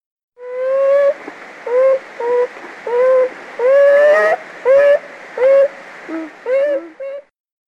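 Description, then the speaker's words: Beaver whining calls: a series of about ten harmonic whines, several rising slightly in pitch, given in quick succession over seven seconds. "Anyway, this is what a beaver sounds like."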